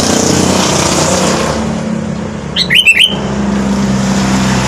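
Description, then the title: Sooty-headed bulbul singing one quick, jaunty run of clear whistled notes amid loud, continuous traffic rumble. "Kutilang"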